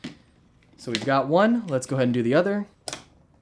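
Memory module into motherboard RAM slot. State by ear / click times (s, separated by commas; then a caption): seated / 2.9 s. Someone talks while a second DDR4 memory module is pressed down into its motherboard RAM slot. Two sharp, closely spaced clicks at about 2.9 s mark the latches snapping shut, and the module is locked into place.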